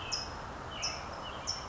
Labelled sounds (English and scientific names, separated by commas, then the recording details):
California Towhee (Melozone crissalis)
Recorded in Sonoma County, California